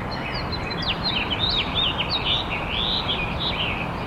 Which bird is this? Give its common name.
House Finch